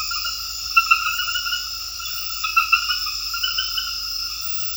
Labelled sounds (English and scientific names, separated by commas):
none